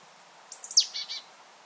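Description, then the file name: Marsh tit calling a high squeaky note, a quick sharp downward slur, then two husky, buzzy notes. "Poecile palustris"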